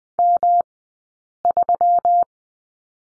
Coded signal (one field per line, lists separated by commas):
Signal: Morse code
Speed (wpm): 20 wpm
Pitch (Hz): 690 Hz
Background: none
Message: M3